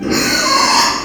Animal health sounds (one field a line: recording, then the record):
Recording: squeal of a Yucatan mini pig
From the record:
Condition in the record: before surgery on the right vocal fold (resection and tissue-engineered implant)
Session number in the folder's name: 1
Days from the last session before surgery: -3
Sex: male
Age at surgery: 12 weeks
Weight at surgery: 13 kg